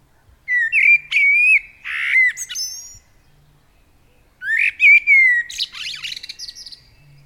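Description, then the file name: Common blackbird singing two phrases of smooth whistled notes that end in harsh, buzzy high twitters, separated by a short silence. "Turdus merula"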